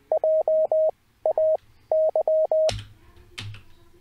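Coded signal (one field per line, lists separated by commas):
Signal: Morse code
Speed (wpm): 20 wpm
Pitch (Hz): 630 Hz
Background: none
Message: JAY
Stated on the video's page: Morse code training from a learning website using Farnsworth timing and the Koch method.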